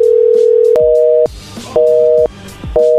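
A phone line's busy tone after a hang-up: a steady, mid-pitched electronic beep that switches on and off in regular pulses about once a second, with no voices.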